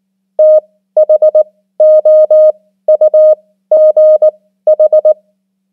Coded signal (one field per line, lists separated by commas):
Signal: Morse code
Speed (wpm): 19 wpm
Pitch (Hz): 620 Hz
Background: none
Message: THOUGH